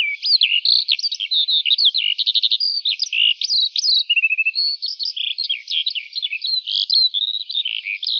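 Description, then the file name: Lark song pouring out continuously, with high chirps, quick trills and a short lower trill among the varied notes. "Song Of A Lark"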